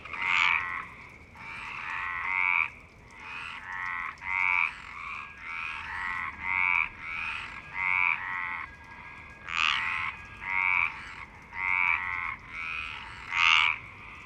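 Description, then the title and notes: Frogs croaking, a steady series of short rasping pulsed croaks, several callers. Frogs in Parc Longchamp, Marseille, Provence-Alpes-Côte d'Azur, France, 26 March 2011, 19:35; recorded with a MixPre-6 and Basic Ucho. "Marseille, Provence-Alpes-Côte d'Azur, France - 26_03_11_19_35 Longchamps_004 grenouilles. Grenouilles au parc de Longchamp"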